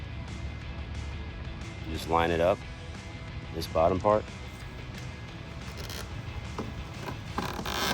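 A SpeedForm smoked acrylic headlight cover for a 2016-2023 Charger is lined up and its bottom edge pushed onto the car headlight, where rubber friction clips hold it. Someone talks over low background noise, and faint handling sounds come near the end. Nothing has seated or clicked yet.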